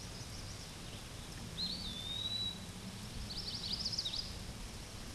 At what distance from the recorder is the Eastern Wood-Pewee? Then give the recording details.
about 20 m. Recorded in a Pennsylvania forest on 18 May 2023 at 14:12. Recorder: AudioMoth, point grid1_39_low. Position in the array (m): 206 m, 189 m